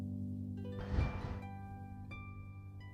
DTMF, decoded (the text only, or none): none